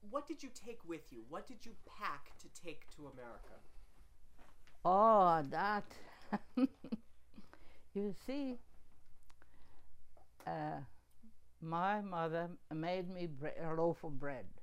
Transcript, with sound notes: what did you take with you, what did you pack to take to America?
Oh, that. (laughing) You see, uh, my mother made me brea, loaf of bread.